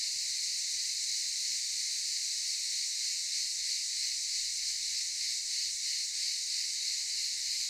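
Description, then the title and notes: Cicadas buzzing as a constant hissing wall of sound, with only a faint pulsing rhythm. Several cicadas calling in daytime at Aylak Yaşam Camp, Çıralı, Kemer, Antalya, Turkey. "Ulupınar Mahallesi, Çıralı Yolu, 07980 Kemer/Antalya, Turkey - Cicadas daytime. Aylak Yaşam Camp, cicadas in daytime"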